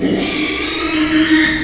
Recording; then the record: squeal of a Yucatan mini pig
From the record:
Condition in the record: after surgery on the right vocal fold (resection and tissue-engineered implant); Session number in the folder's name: 2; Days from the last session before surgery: 13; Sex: male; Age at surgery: 12 weeks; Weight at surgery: 13 kg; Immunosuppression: cyclosporine, prednisolone